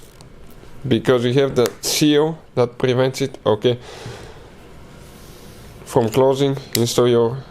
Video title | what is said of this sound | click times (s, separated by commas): DODGE CHALLENGER KEY FOB BATTERY REPLACEMENT REMOVAL 2015 2016 2017 2018 2019 2020 2021 2022 | gently press on each side until it locks | 0.2 s